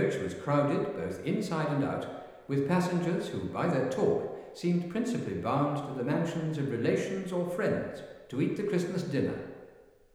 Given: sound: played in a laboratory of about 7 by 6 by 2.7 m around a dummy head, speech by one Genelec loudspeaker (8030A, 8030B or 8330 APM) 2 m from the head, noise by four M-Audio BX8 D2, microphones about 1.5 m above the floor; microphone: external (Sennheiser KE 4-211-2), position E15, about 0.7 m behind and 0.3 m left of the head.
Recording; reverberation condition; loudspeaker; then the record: male speech in English; high; behind (180 degrees)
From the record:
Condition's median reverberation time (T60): about 1300 ms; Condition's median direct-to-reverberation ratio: about -4.0 dB